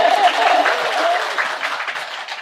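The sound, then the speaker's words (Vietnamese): A short burst of audience applause, dense crackling claps that stay fairly steady and then thin slightly toward the end, with a brief tonal voice-like trace near the start. “Hay vậy ta, giỏi cho tràng pháo tay.”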